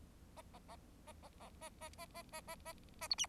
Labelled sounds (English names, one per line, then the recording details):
Bengalese Finch song
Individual Bird4